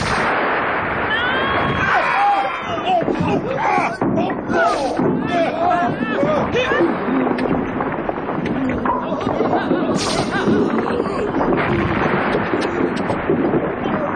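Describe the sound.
Roman catapults fire in a loud, chaotic battle between Roman troops and the Belgians, with repeated heavy thuds and cracking impacts over a constant roar, while many voices shout and yell throughout.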